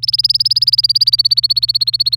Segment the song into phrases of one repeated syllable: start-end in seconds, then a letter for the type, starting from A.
0.03-2.16 A